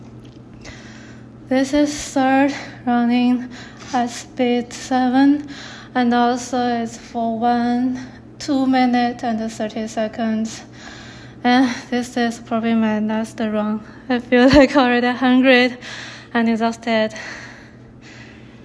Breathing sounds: free speech after running; female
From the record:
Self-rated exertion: moderate exertion (3 of 6); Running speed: 7 miles an hour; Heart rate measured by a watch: 145 beats a minute at the start, 142 at the end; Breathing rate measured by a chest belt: 17 breaths a minute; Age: 33 years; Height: 155 cm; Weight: 48 kg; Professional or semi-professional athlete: no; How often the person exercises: 3 to 5 times a week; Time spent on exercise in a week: under 1 hour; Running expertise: no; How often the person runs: under once a week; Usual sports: hiking, cycling

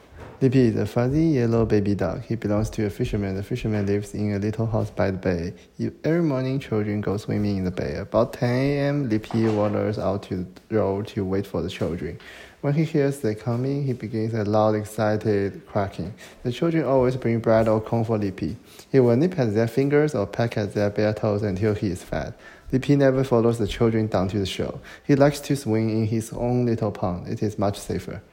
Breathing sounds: reading aloud after running; male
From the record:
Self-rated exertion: very light exertion (1 of 6); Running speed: 6 miles an hour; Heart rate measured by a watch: 83 beats a minute at the start, 91 at the end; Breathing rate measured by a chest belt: 20 breaths a minute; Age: 23 years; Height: 172 cm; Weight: 73 kg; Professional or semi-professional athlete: no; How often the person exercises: 3 to 5 times a week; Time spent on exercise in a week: over 5 hours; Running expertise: yes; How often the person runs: 3 to 5 times a week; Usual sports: running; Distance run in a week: 40 km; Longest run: 20 km

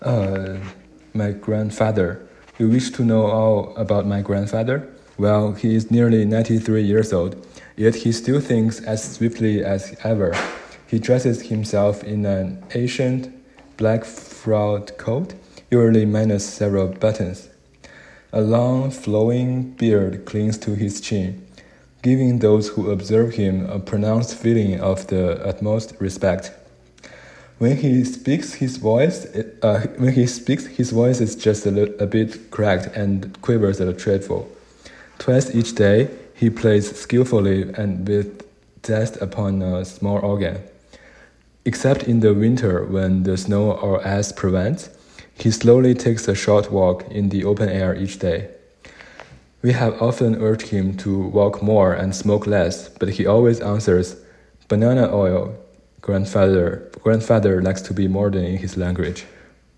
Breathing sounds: reading aloud after running; male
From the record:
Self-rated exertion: moderate exertion (3 of 6); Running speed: 5 miles an hour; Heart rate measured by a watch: 116 beats a minute at the start, 112 at the end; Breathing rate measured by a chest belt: 10 breaths a minute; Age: 31 years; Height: 178 cm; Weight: 72 kg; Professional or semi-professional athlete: no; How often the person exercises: 3 to 5 times a week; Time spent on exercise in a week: 2 to 3 hours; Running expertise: yes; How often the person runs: 3 to 5 times a week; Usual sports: running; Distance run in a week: 5 km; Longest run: 10 km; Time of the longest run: 65 minutes

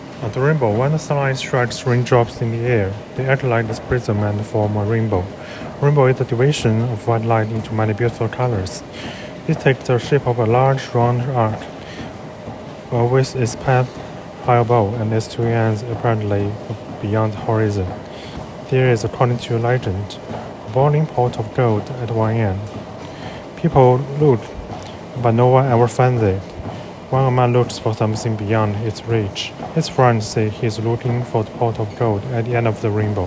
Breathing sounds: reading aloud after running; male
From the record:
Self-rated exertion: very light exertion (1 of 6); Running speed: 5 miles an hour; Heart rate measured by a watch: 131 beats a minute at the start, 125 at the end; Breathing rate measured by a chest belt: 11 breaths a minute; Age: 33 years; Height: 178 cm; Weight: 73 kg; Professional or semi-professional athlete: no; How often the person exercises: 1 to 2 times a week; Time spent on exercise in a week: under 1 hour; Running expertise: no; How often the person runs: under once a week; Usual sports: tennis

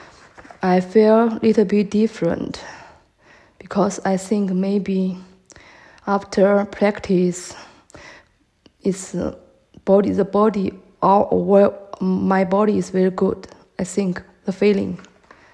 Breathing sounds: free speech after running; female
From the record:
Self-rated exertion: moderate exertion (3 of 6); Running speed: 5 miles an hour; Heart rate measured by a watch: 117 beats a minute at the start, 114 at the end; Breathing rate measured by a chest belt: 19 breaths a minute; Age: 51 years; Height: 160 cm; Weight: 57 kg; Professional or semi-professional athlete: no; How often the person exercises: over 5 times a week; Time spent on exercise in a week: 1 to 2 hours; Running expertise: no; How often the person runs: under once a week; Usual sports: yoga

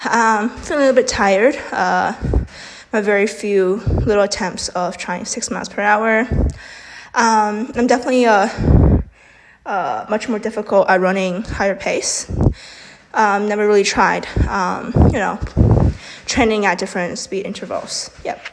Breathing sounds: free speech after running; female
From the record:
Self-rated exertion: vigorous exertion (4 of 6); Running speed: 6 miles an hour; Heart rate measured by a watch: 160 beats a minute at the start, 157 at the end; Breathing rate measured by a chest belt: 21 breaths a minute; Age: 18 years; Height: 171 cm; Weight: 75 kg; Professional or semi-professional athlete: no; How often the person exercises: 1 to 2 times a week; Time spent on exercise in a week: under 1 hour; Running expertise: no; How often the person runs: 1 to 2 times a week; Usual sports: running, fencing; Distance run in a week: 3 km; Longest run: 21.3 km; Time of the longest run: 190 minutes

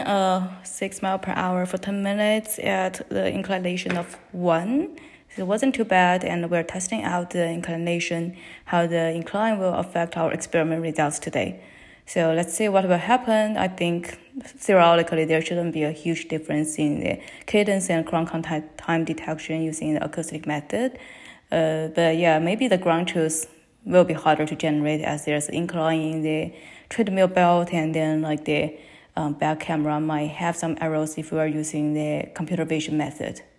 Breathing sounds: free speech after running; female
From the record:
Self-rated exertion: light exertion (2 of 6); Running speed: 6 miles an hour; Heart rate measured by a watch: 106 beats a minute at the start, 98 at the end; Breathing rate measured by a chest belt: 16 breaths a minute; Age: 28 years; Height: 155 cm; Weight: 44 kg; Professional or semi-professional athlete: no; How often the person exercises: 3 to 5 times a week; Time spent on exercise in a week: over 5 hours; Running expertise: yes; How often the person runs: 3 to 5 times a week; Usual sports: running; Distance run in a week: 45 km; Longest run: 32 km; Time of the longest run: 200 minutes

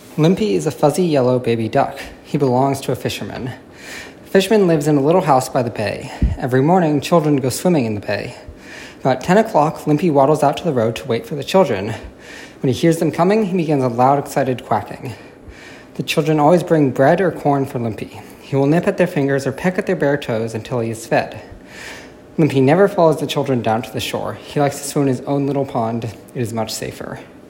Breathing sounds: reading aloud after running; male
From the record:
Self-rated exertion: vigorous exertion (4 of 6); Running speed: 5 miles an hour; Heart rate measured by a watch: 166 beats a minute at the start, 170 at the end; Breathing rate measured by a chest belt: 17 breaths a minute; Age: 21 years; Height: 168 cm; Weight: 61 kg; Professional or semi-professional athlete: no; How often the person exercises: under once a week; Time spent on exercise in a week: 1 to 2 hours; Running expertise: yes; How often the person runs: under once a week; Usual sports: running, hiking, soccer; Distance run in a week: 0 km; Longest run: 10 km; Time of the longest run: 50 minutes

